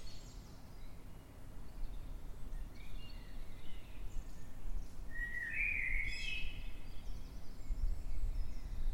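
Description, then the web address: Eurasian blackbird delivering one warbled phrase past midway, after a few fainter notes, over a heavy low rumble. Blackbird singing in the dead of night, 3:50 am, 9 March 2026, London, UK. "Blackbird Dead Of Night. london uk. by eleanor mcdowall"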